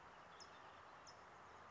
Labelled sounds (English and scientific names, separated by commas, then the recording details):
California Towhee (Melozone crissalis)
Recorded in Sonoma County, California